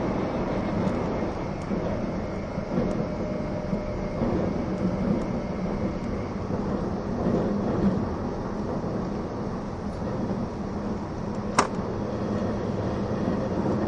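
Recorded aboard or beside the E261 series Saphir Odoriko train, a steady low rumble of running on rails fills the whole stretch, dense and even with a faint rhythmic thump. A brief sharp click or clank stands out near the eleventh second.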